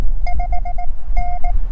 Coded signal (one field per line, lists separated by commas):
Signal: Morse code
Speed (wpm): 17 wpm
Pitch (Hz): 720 Hz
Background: none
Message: 5N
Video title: My Morse Code Journey: Cheyenne Mountain